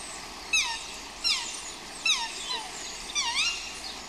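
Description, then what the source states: Swan squawks: several drawn-out, falling nasal calls, about one a second, against a steady background of running water. Swans squawking outdoors, with a brook in the background.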